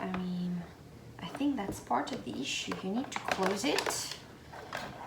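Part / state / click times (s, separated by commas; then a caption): vacuum sealer lid latching onto the sealer base / seated / 4.8 s. Someone talks while closing the lid of a Geryon vacuum sealer onto its base before vacuum sealing a mason jar, after not clicking it shut was the earlier mistake. The lid latches with a little click at 4.8 s and is seated.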